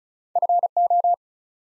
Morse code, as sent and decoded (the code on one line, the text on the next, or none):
..-. ---
FO